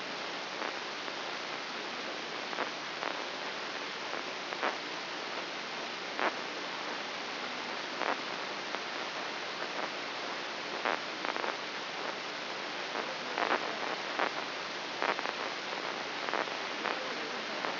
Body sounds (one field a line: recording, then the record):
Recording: brain microelectrode recording played as sound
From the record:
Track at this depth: inside the subthalamic nucleus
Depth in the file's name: 5.108 mm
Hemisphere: left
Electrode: 3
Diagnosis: Parkinson's disease